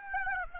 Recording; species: mosquito wingbeat signal from an infrared sensor; Aedes aegypti